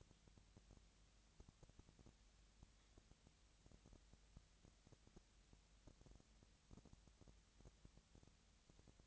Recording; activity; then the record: daily activity, microphone in the room; no activity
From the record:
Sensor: 3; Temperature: 20.6 degrees Celsius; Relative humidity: 35.7%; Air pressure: 998.8 hPa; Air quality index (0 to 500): 236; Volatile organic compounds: 72 ppm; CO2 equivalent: 3534 ppm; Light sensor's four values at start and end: 2/3/2/2 and 2/3/2/2